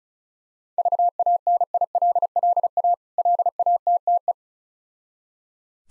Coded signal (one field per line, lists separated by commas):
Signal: Morse code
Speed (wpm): 36 wpm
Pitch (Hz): 700 Hz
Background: none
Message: VANILLA LATTE